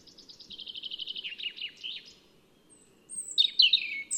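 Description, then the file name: European robin song beginning with a fast, even trill of repeated notes that drops in pitch, a short pause, then sharp high whistled flourishes. "Erithacus rubecula"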